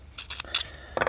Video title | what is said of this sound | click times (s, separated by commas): TJ Wrangler Door Latch Rebuild: Part 1 | those guys are out you can hear that click it just popped open | 0.6 s